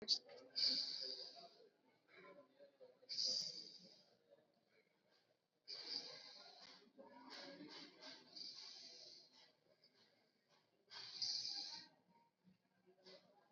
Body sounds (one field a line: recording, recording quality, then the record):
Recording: deep breathing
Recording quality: excellent, no background noise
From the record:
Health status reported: COVID-19 positive, mild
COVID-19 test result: positive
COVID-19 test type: RT-PCR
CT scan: not taken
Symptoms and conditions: cough, fever, fatigue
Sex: male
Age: 18 years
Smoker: no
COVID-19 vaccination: both doses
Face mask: worn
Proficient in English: yes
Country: India